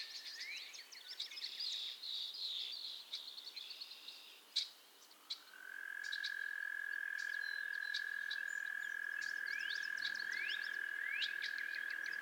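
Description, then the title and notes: Frog chorus of many overlapping high chirps and short rising peeps, joined midway by a long, steady, high-pitched trill that holds unbroken to the end. Chorus of frogs calling to one another on a summer evening at Miners Marsh, Annapolis Valley, Nova Scotia. "Theraphonia - Frogsong at Miners Marsh. A chorus of frogs croon to one another on an idyllic summer evening in Miners Marsh, Annapolis Valley, Nova Scotia"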